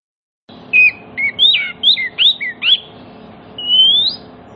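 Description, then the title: Oriental magpie-robin song: a run of short, sweet whistled notes, some rising and some dropping, ending in a long upward-sliding whistle, over a low steady hum. Oriental magpie-robin song that prompts other magpie-robins, including ones that have stopped singing, to answer and sing within minutes. "Cukup Hitungan Menit Kacer Lain Bisa Bunyi. CUKUP 5 Menit Kacer LAIN NYAUT JADI GACOR, PANCINGAN KACER MACET BUNYI"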